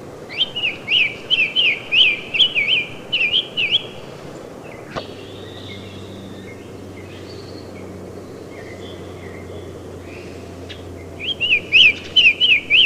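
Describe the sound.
Summer Tanager song: a rapid run of short whistled rising-and-falling notes for about four seconds, a pause with a faint low hum, then the phrases resume near the end.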